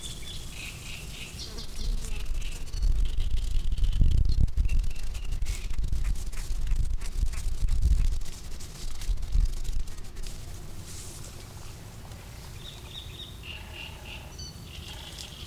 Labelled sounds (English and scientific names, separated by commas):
Great Reed Warbler (Acrocephalus arundinaceus)